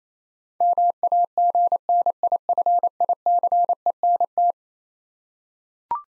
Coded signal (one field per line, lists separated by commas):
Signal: Morse code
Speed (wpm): 27 wpm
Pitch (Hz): 700 Hz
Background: none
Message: MAGNIFICENT